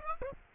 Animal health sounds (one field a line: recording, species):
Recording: mosquito wingbeat signal from an infrared sensor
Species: Aedes aegypti